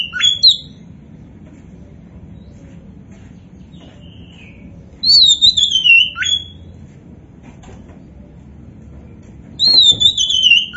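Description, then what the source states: Oriental magpie-robin song: loud whistled phrases that slide downward, given three times about every five seconds over a faint low hum. Indonesian kacer poci bird, described as gacor, meaning it is singing vigorously.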